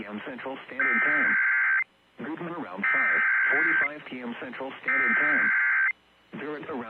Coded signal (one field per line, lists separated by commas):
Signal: Emergency Alert System (SAME) tones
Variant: header bursts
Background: speech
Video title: DIXIE ALLEY DANGER | EAS Alerts from 11/30/2022 (EAS #1557-1579)